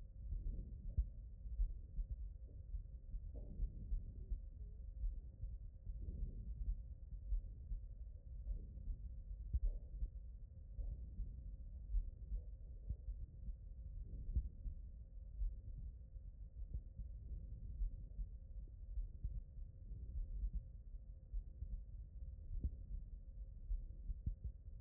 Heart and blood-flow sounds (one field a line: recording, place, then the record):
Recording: heart sounds by stethoscope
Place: aortic valve (AV)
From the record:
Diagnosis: non-HFrEF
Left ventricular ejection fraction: 69%